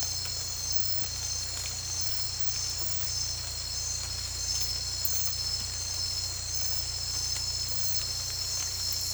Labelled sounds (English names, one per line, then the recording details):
none
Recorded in pastures near Puerto Asís, Putumayo, Colombia, on 16 December 2024 at 02:00
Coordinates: 0.472, -76.329
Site G072